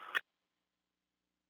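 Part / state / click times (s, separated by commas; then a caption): gas supply flex hose into airlock quick-disconnect fitting / seated / 0.2 s. A gas supply flex hose is pushed back into its quick-disconnect fitting in an airlock. A brief scratchy rustle ends in one sharp click at 0.2 s, followed by silence. The hose connector has seated, and the click is confirmed.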